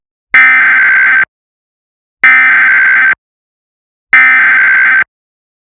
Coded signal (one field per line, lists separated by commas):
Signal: Emergency Alert System (SAME) tones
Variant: header bursts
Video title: EAS - Shooting in Tucson